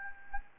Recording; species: mosquito wingbeat signal from an infrared sensor; Anopheles gambiae